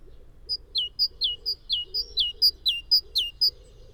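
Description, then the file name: Great tit calls: a quick, steady run of two-note phrases, each a high note dropping into a lower slur, repeated many times. "Parus major"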